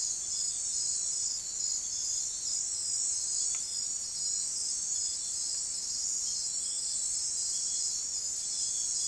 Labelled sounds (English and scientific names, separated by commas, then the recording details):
none
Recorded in forest near Pivijay, Magdalena, Colombia, on 4 June 2023 at 02:00
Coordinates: 10.467, -74.380
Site Z5-G034